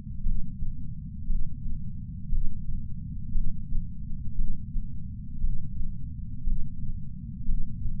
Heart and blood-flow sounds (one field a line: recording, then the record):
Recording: heart sounds by patch sensor on the chest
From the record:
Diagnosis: coronary artery disease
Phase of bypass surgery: preoperative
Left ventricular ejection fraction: 61.7%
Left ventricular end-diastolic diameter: 51 mm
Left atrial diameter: 34 mm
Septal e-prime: 7.2 cm/s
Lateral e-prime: 9.6 cm/s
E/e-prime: 6.5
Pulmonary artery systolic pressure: 19 mmHg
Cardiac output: 4.98 L/min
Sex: male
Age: 62 years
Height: 172 cm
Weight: 60 kg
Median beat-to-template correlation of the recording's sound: 0.89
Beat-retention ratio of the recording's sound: 1.00